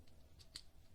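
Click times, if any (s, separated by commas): 0.6 s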